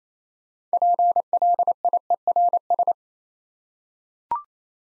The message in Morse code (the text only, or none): PLIERS